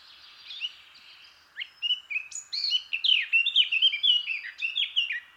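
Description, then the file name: Eurasian blackcap song beginning with quiet scratchy notes, then breaking into a loud varied warble ending in bright fluted whistles. "Sylvia atricapilla"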